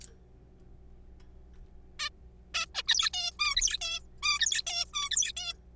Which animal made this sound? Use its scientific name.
Taeniopygia guttata